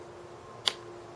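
A male 3-prong plastic adapter on a cable is slotted onto the female adapter on the back of a mount box. A single sharp click sounds at 0.7 s over a quiet background. The plug is seated and clicked on securely.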